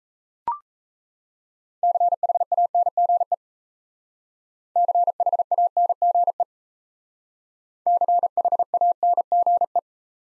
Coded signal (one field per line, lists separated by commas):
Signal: Morse code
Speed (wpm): 37 wpm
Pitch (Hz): 700 Hz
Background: none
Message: CHANGE CHANGE CHANGE